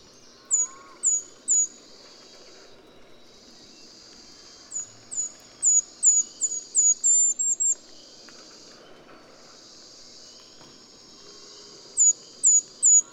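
Golden-crowned kinglet singing several bursts of very high, thin notes, one accelerating into a quick run, separated by pauses with a steady high insect-like hiss.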